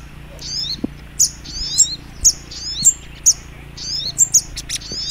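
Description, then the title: Little spiderhunter song of piercing high chirps alternating with slurred twitters, roughly one a second, with faint low hum underneath. Training recording (masteran) of sogok ontong labaik. "Masteran Burung Sogok Ontong Labaik"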